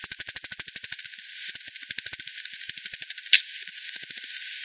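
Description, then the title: Bat echolocation calls: a rapid, even run of dry clicks at first, then more uneven ticking and one brief harsh burst near the end. Multiple bats at the Hogsmill River, Hogsmill Lane, 7 October 2020 at 18:10 UTC; recorded with frequency division by ten, band-pass filtered and resampled. "bat 20201007 T 18 : 10 Z-Hogsmill-Lane-Hogsmill-River-multiple-bats"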